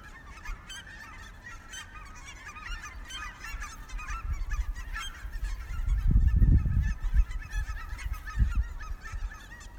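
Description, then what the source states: Birds calling, a dense flock chorus of overlapping harsh honking notes throughout, with low rumbling bursts mostly around six to seven seconds. Recorded 3 March 2019 at 15:14.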